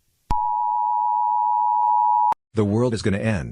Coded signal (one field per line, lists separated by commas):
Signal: Emergency Alert System (SAME) tones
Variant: 853 and 960 Hz attention tone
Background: speech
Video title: Flood 2.0(a ebo Noah EAS scenario)